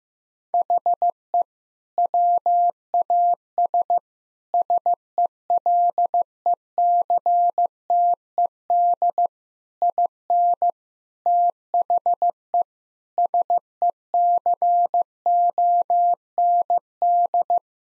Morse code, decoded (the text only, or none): HE WAS SELECTED IN THE SECOND